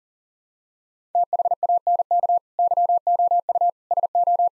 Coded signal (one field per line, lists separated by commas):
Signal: Morse code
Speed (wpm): 40 wpm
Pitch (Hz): 700 Hz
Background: none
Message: THANK YOU SO